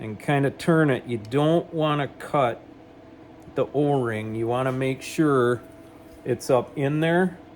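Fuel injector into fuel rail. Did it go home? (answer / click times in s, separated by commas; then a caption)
no / none. A new 4-hole fuel injector with an O-ring is turned and pushed up into the stainless steel fuel rail of a 4.0L Jeep Cherokee XJ while someone talks, with quiet pauses between phrases. The clip ends before the injector goes home, so nothing has seated or clicked yet.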